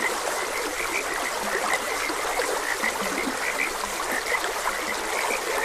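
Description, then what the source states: Frogs croaking with a mix of high clicky notes and lower drawn croaks, continuous stream water flowing beneath. Frogs croaking beside a gentle stream.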